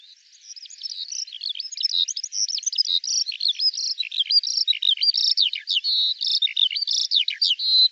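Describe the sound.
Eurasian skylark song, a continuous rapid stream of high chirps, trills and slurred whistles with no pauses, fading in at the start.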